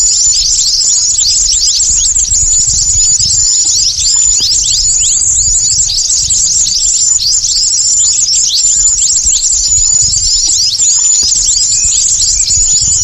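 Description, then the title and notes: Birds in a busy chorus, rapid shrill chirping and quick downward notes continuing without pause, plus a fine steady high whistle. Lure calls for attracting stubborn, wary birds that are hard to approach. "Suara Burung Bandel Yang Susah Mendekati. Kompilasi Suara Pikat Burung"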